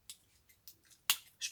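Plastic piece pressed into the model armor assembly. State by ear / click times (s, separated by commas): seated / 1.1 s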